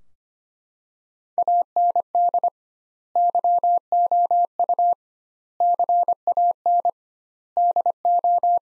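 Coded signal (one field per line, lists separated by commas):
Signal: Morse code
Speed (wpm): 25 wpm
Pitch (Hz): 700 Hz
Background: none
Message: AND YOU CAN DO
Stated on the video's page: Morse practice sentences built from the 500 most common words, sent at 25 wpm with double word spacing, a word-level analogue of Farnsworth spacing.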